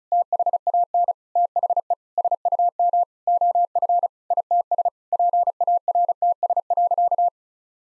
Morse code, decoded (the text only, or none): THAN THE SUM OF ITS PARTS.